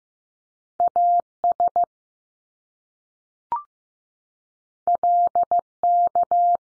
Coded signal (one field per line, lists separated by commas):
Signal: Morse code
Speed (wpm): 15 wpm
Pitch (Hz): 700 Hz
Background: none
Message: A SL K